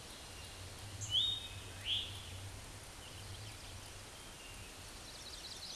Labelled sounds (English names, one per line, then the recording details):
Eastern Towhee song
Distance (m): 25 m
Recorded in a Pennsylvania forest on 17 May 2023 at 13:58
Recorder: AudioMoth, point grid1_31_low
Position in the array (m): 134 m, 115 m